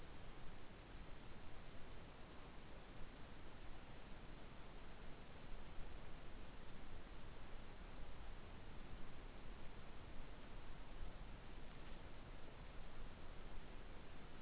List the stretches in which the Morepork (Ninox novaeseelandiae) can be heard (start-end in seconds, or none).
none